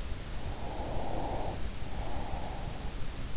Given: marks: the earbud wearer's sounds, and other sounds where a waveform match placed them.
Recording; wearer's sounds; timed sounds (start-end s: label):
sounds in sleep by an in-ear microphone; breath
0.35-3.21 s: breath